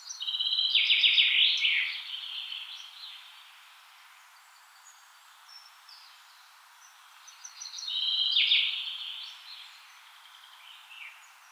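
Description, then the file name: Common chaffinch song: two loud, rattling descending phrases with terminal flourishes, about seven seconds apart, with quieter high bird notes in between. "Fringilla coelebs"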